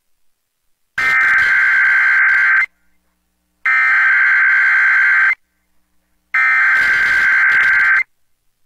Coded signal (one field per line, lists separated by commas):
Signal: Emergency Alert System (SAME) tones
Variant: header bursts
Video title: EAS- Texas Statewide Amber Alert (CAE) on KCRS-FM